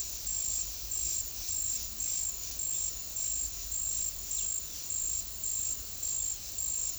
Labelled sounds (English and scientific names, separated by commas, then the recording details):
none
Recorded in secondary vegetation near Puerto Asís, Putumayo, Colombia, on 20 February 2024 at 09:30
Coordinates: 0.500, -76.326
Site G6428